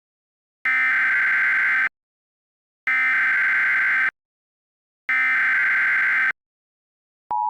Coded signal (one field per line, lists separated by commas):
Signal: Emergency Alert System (SAME) tones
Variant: header bursts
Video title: EAS Scenario 4: The Box Invaders | Part 1